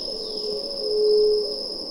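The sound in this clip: White-tipped dove, a low, hollow, drawn-out coo about half a second long, over a steady high insect drone.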